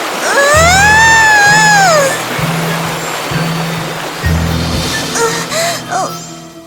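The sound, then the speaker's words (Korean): A loud, steady roar of rushing water as a big wave of Alice's own tears surges and pushes her out of a door, with a wavering whistle-like tone at the start and a string of low, evenly spaced humming pulses underneath. “갑자기 커다란 파도가 치면서 앨리스를 문 밖으로 밀어냈어요.”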